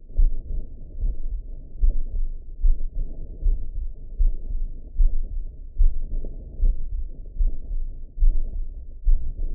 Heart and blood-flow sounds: heart sounds by optical stethoscope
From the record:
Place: mitral valve (MV)

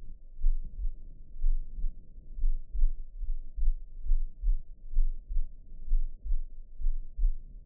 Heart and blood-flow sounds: heart sounds by optical stethoscope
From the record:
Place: tricuspid valve (TV)

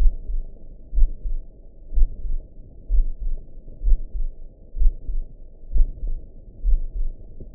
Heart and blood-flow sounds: heart sounds by optical stethoscope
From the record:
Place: tricuspid valve (TV)

